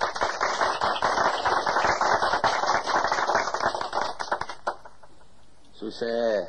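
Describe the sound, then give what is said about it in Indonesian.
An audience applauds with dense, crackling claps that stay loud for several seconds, then thin out and fade before a voice starts speaking at the end. “Dia mau lamaan tepuk tangannya biar mahalan.”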